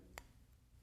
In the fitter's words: snapping it in position sliding it down until you hear that click i'll do it again